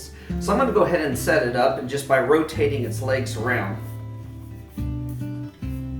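Tripod legs are rotated around into position on a tripod before the leg locks are snapped, while someone talks over background guitar music. Nothing has clicked or locked yet.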